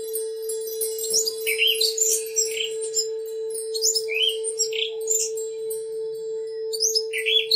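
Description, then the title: Oriental magpie-robin song: varied clear whistled phrases, some rising and some falling, delivered in bursts with short pauses, over a steady low electrical hum. "Kicau Kacer"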